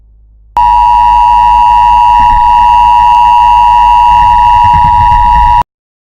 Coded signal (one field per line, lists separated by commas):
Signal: Emergency Alert System (SAME) tones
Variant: 853 and 960 Hz attention tone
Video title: IT LURKS - EAS